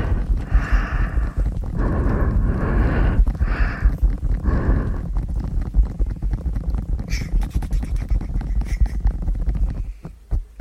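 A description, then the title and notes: Breathy blowing in dense rushing bursts for the first five seconds, then rapid soft tapping and rustling, fading near the end. ASMR Blowing Tapping Ears.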